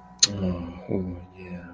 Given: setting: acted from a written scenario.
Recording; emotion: vocal sound without words; sympathy